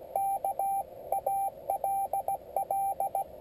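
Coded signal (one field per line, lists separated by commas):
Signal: Morse code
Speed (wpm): 16 wpm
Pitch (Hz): 790 Hz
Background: radio noise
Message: K ALL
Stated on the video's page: Mobile QRP CW contact sent slowly (QRS) by a new operator on a mini palm paddle, Yaesu 817D with YF-122C filter and MFJ1610T antenna.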